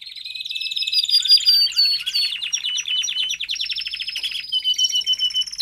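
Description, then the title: Domestic canary song, a swelling run of quick repeated notes and rolling trills, some higher whistled phrases near the end. Male Belgian canary singing a lot, for training and warming up young canaries. "Canary Training Esquente Seu Filhote E Canario Belga Macho Cantando Muito"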